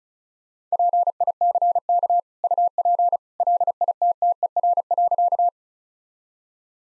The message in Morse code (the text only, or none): PICK UP LITTER.